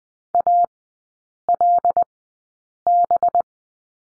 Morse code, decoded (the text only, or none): ALB